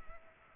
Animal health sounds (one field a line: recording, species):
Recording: mosquito wingbeat signal from an infrared sensor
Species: Culex pipiens